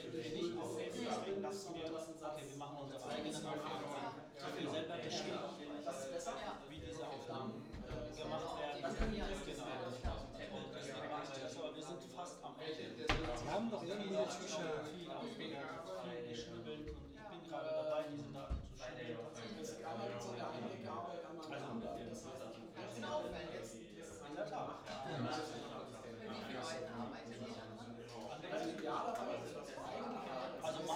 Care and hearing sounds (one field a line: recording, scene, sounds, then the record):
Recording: everyday scene through a hearing-aid microphone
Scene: many people talking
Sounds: many voices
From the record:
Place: bistro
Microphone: in the ear canal, right